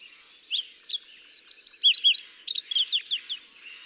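Fox sparrow song, a rich run of sweet whistled notes and slurred trills lasting about three seconds, opening with a few soft notes.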